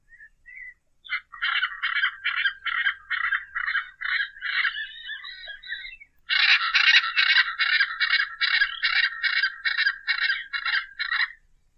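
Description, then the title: Hyacinth Macaw calls: harsh, raspy squawks given in rapid repeated bursts, with a louder, denser run of squawks starting about halfway through. "Arara Azul, Canto"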